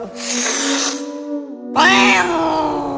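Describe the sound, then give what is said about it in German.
A cat that someone tries to touch growls and hisses defensively, baring its teeth, in two drawn-out bursts, a breathy hiss over a low moaning growl, breaking off briefly before a louder, harsher second snarl. “eine der Katzen anzufassen. Sofort offerierte diese ein paar graugelbe, vereinzelt aus dem Gebiss stehende, aber genügend scharfe Zähne.”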